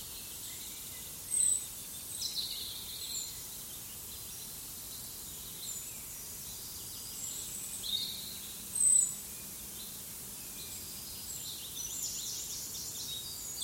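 Forest soundscape with a steady, soft hiss of background noise throughout. Two sharp, high bird chirps stand out around 1.5 and 9 seconds, with fainter scattered calls and a thin insect-like buzz in between.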